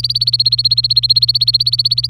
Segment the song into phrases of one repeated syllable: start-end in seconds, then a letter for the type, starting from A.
0.00-2.10 A